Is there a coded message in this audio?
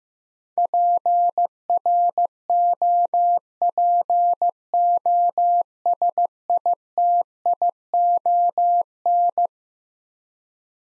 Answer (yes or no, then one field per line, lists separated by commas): yes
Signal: Morse code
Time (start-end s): 0.6-9.5 s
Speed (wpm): 16 wpm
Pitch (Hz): 700 Hz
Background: none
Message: PROPOSITION